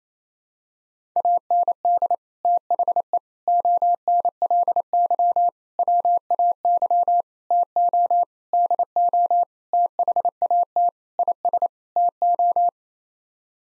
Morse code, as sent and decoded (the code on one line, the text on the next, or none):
.- -. -.. / - .... . / --- -. .-.. -.-- / .-- .- -.-- / - --- / -.. --- / - .... .- - / .. ... / - ---
AND THE ONLY WAY TO DO THAT IS TO